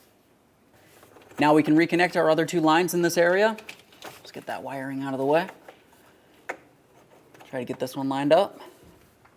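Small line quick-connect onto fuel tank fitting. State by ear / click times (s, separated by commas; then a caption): not seated / none. On a 2000-2006 Chevrolet Tahoe during a fuel level sensor replacement, the small vapor line quick-connect is handled and lined up with its fitting on the fuel tank while someone talks. Faint handling noises and a brief sharp tap near 6.5 s are heard. The connector has not seated or clicked on yet.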